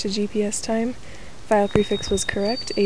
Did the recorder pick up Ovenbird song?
no